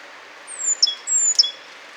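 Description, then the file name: Great tit calls: two high, thin, downward-sliding notes in quick succession, each ending in a brief sharp accent, with faint hiss behind. "Parus major"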